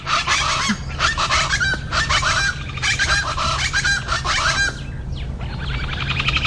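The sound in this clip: Plain Chachalaca calling: loud, raucous, harsh cackling calls in rhythmic bursts over a low hum.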